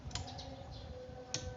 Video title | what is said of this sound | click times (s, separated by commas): Pemeriksaan & Pengukuran Camshaft Mesin Kijang 5k | ini sudah bunyi klik berarti sudah sesuai kekencangan setelah | 1.3 s